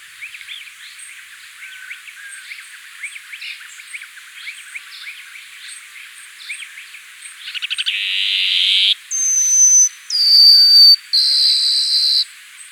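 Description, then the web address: Plain-colored seedeater giving a buzzy, insect-like trill, followed by thin high whistles and buzzy notes, with soft scattered chirps before it. Ecuador. "Birds of Ecuador. Plain-Colored Seedeater"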